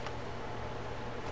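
A metal retaining snap clip is lined up on the groove in the axle shaft of an Abu Garcia Black Max 3600c Ambassadeur fishing reel during servicing, ready to be pressed home. Only a steady low hum and faint handling noise are heard, with no distinct transients. The clip has not seated or clicked yet.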